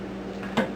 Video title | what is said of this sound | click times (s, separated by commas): Omega 8006 vs Vita Mix 5200 Comparison Part 1 | auger slides all the way in till it clicks. | 0.6 s